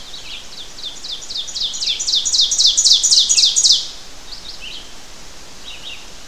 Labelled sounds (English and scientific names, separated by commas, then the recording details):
Ovenbird (Seiurus aurocapilla) song
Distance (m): 5 m
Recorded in boreal forest in Alberta, Canada, on 12 June 2016 at 06:04
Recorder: SongMeter 3, array SBT-3-18
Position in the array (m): 230 m, 88 m
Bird 31